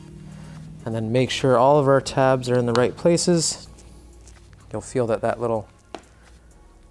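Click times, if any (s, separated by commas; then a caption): 6.0 s. Someone talks while a TST Industries Programmable Integrated Tail Light is fitted to the rear fender of a 2019+ Honda CRF450L, with its plastic screw-accepting tab pressed into its mount. A single sharp click at 6.0 s marks the screw-accepting feature locking into place, confirming it is seated.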